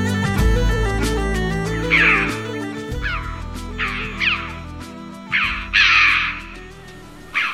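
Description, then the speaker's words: Red-billed chough giving several harsh, scratchy calls, set against steady background music with sustained tones. Species thriving in County Kerry, Ireland, though declining elsewhere in Europe. "That there was the unique sound of one of Kerry's very special birds, the chough."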